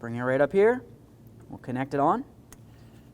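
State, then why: Seated. A rubber spark plug wire boot is pushed onto the ignition coil tower of a 2000-2005 Buick LeSabre while someone talks. A short, sharp click is heard at 2.5 seconds as the boot seats onto the coil terminal.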